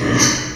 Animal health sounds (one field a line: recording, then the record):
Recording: squeal of a Yucatan mini pig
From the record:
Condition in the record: before surgery on the right vocal fold (resection and tissue-engineered implant)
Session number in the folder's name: 2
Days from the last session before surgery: 0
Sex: male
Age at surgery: 12 weeks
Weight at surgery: 13 kg